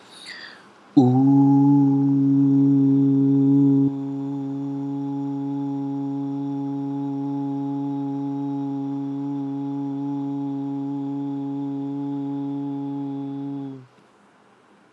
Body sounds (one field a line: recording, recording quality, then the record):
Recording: sustained vowel as in boot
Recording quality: excellent, no background noise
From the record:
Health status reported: healthy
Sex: male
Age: 28 years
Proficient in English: yes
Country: India